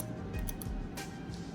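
The gold key bar of a 2020 Louis Vuitton 6 Key Holder is handled and pushed down toward its metal mount inside the canvas key pouch. Light, sharp handling ticks occur around 0.5 s and 0.6 s over a steady background. The bar has not seated or clicked into place yet.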